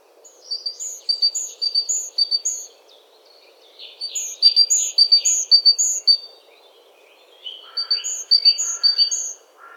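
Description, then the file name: Great tit calls in three bursts of quick, high piping notes, with scratchy buzzy notes mixed in and a lower chattering run at the end. "Parus major"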